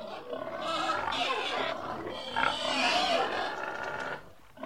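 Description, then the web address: Pig squealing in one long, harsh, shrill outburst lasting about four seconds, wavering in pitch before cutting off, with a brief noise at the very end. "pigs animal sounds 04-pig"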